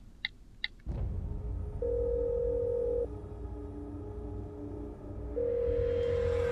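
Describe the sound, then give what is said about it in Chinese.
Two quick keypad beeps as a telephone number is dialed, then a steady low ringback tone that sounds for about a second, pauses, and starts again over a faint background hiss, calling a landline telephone in a large house. “犹豫两秒，又拨了个号码出去。”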